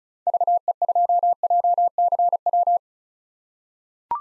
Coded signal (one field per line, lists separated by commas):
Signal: Morse code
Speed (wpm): 36 wpm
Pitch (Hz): 700 Hz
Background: none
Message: VE2JCW